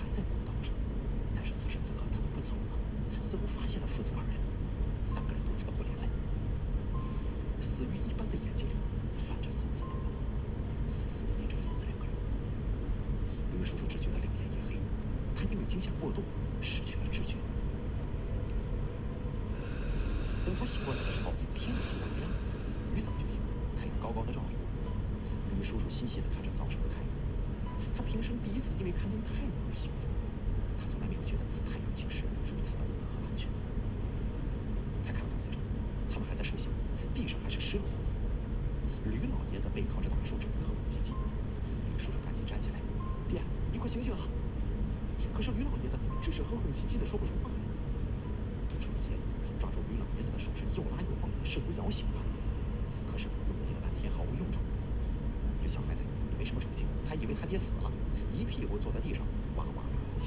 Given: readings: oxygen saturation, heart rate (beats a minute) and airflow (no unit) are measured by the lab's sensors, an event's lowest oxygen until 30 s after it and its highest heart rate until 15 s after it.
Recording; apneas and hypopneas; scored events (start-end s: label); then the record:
a person awake in a sleep study, by a smartphone at the bedside; none
0.00-60.27 s: awake
From the record:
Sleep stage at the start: awake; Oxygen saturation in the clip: 93 to 97%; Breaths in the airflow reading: 16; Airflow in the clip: -3.4 to 5.7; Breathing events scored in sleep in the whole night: 335 in 6.7 hours asleep